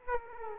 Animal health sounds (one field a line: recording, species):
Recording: mosquito wingbeat signal from an infrared sensor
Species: Aedes aegypti